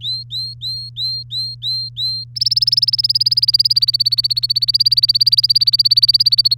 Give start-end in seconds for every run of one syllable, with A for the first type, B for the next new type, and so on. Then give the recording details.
0.01-2.24 A, 2.35-6.57 B. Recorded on 3 May 2018 at 10:20. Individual llb3